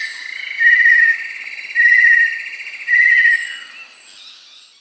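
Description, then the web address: Little Tinamou giving three pure, level whistles about a second apart, each roughly half a second long, over a steady buzzing chorus of insects. South America. "Natures Songs S America Little Tinamou"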